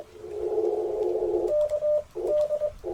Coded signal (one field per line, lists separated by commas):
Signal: Morse code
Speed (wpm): 22 wpm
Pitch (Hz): 600 Hz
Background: radio noise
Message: KD